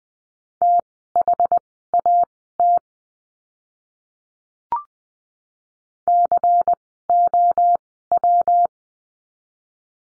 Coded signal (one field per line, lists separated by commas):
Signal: Morse code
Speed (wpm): 20 wpm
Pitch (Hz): 700 Hz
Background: none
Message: THAT COW